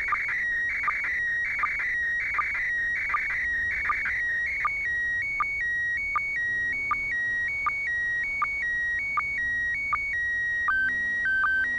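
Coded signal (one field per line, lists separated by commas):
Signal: SSTV (slow-scan television)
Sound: warbling, buzzy image-line tone with regular ticks, then slow stepped whistling tones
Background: radio static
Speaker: I got a complete image and part of a little one at the beginning just 20 seconds of it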